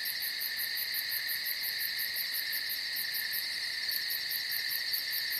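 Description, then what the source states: Crickets chirping in a dense, steady chorus: continuous high trilling with rapid pulsed chirps repeated several times a second, no other clear sounds. Night forest.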